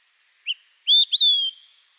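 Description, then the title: Olive-sided flycatcher song: a short whistled pip, then two longer clear whistles, the last rising and slurring down, three notes in all. "LuckyPassaro Completos2Sama. Olive-sided Flycatcher (Contopus cooperi)"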